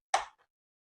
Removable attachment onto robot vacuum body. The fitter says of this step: It just simply snaps onto this. You'll hear a click